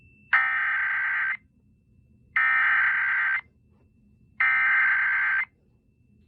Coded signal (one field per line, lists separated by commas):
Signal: Emergency Alert System (SAME) tones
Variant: header bursts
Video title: Floral Fantasia - My submission to the 2023 Spring Fling Project - An EAS Scenario